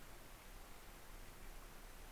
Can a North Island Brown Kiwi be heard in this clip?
no